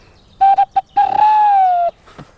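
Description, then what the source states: Tawny Owl hooting: a few short clipped tonal notes, then one long sustained note that swells slightly and falls away, with a quiet tremolo near its start. Individual bird with a distinctive trumpet-fanfare-like hoot, given the same way every time and so recognisable as that individual; recorded in Sipoo, Finland.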